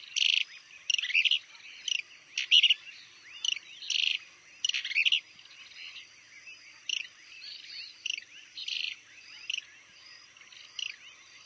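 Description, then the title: Plain-crested Elaenia giving bursts of harsh, buzzy high notes in quick irregular series, louder early and softer later, over a faint constant high-pitched hum. "LuckyPassaro Completos2Sama. Plain-crested Elaenia (Elaenia cristata)"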